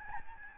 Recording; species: mosquito wingbeat signal from an infrared sensor; Aedes albopictus